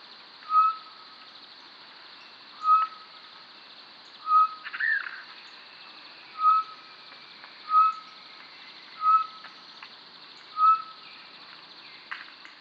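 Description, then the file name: Short-tailed batis calling with a clear, level whistled note repeated about every one and a half to two seconds, with faint clicks and other bird sounds in the background. "Batis mixta"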